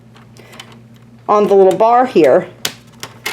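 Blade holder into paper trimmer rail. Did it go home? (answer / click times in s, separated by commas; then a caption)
yes / 3.0 s, 3.3 s. Plastic blade holders, one for the scoring blade and one for the cutting blade, are pushed onto the bar of a paper trimmer while someone talks. Light taps come first, then two sharp clicks at 3.0 s and 3.3 s as the holders pop into the rail. Both holders end up seated in place.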